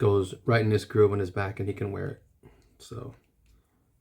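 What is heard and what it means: Someone talks while handling a plastic mortar accessory from a G.I. Joe Classified loadout, bringing it to the groove on an action figure's back so he can wear it. Nothing has seated or clicked yet; the speech trails off into quiet faint handling.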